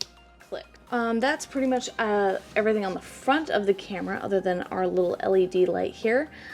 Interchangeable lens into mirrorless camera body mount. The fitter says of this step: there you're going to go ahead and turn till it clicks